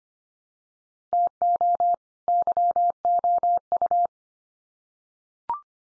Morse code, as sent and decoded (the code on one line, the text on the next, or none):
- --- / -.-- --- ..-
TO YOU